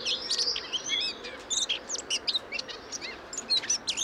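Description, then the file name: Eurasian blackcap song, a fast run of high chirps and clear whistled notes with short pauses, over a steady background hiss. "Sylvia atricapilla"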